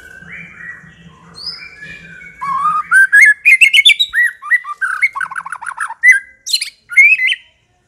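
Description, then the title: White-rumped shama song: soft whistles at first, then a loud burst of varied slurred whistles, rapid trills and sharp chips, with brief pauses between phrases. Aggressive White-rumped shama song used as a lure to provoke a fighting bird. "Pancingan Murai Batu Galak"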